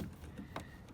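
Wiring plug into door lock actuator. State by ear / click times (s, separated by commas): seated / 0.6 s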